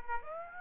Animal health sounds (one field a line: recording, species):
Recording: mosquito wingbeat signal from an infrared sensor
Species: Aedes aegypti